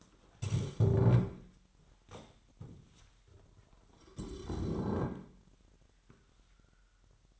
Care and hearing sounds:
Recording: daily activity, microphone in the room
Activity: stand up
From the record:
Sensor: 3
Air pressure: 998.5 hPa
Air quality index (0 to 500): 127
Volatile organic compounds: 3 ppm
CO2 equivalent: 1518 ppm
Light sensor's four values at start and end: 9/20/8/9 and 9/20/9/10

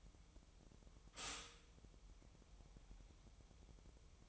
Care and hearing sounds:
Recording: daily activity, microphone in the room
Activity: stop toaster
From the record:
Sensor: 1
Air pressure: 988.6 hPa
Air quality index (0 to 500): 197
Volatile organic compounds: 940 ppm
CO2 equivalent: 5237 ppm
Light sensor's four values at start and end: 25/94/35/37 and 25/94/35/37

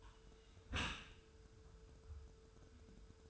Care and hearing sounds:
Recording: daily activity, microphone in the room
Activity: close dishwasher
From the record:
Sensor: 2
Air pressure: 1014.8 hPa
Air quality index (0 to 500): 26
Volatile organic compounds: 1 ppm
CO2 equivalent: 508 ppm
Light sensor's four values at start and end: 10/22/9/9 and 9/22/9/9

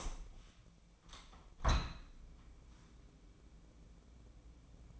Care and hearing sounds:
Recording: daily activity, microphone in the room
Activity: open window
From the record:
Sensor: 1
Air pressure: 1012.4 hPa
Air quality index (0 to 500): 168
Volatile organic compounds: 3 ppm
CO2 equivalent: 1376 ppm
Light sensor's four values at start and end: 240/551/244/269 and 238/547/242/267

